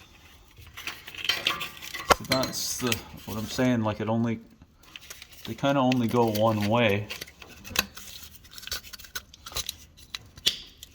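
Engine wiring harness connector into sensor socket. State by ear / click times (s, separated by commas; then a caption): seated / 10.5 s. A plastic engine wiring harness connector, keyed with a tab, is pushed onto its sensor socket during an LS swap wiring install on a 1957 Chevy pickup truck, with light plastic clatter and handling taps throughout while someone talks. The connector latches with a small, sharp click at 10.5 s, fully seated.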